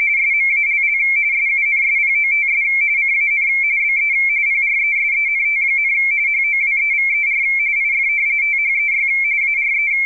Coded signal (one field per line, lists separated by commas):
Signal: RTTY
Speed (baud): 45.45 baud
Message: SMALL SUNSPOTS CAN BE PRESENT, HOWEVER IF THEY ARE